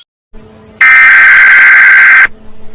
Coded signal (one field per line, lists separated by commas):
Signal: Emergency Alert System (SAME) tones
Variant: header bursts